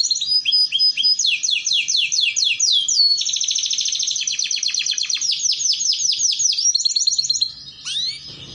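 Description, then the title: Canary song: continuous rapid trills and rolls of high sweeping notes, shifting pattern every few seconds, then a brief faint hum. Belgian canary song used to warm up and train canaries to sing. "Canto Para Esquentar Canário Belga. Terapi Pancingan Suara Kenari Gacor || Masteran Kenari Paud Belajar Bunyi"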